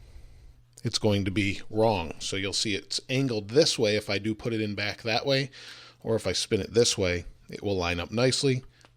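Someone talks while handling the angled plug of a black HomePod power cable, turning it so it lines up with the socket in the base of the smart speaker before pushing it back in. Nothing has seated or clicked yet; the clip ends just before the plug goes home.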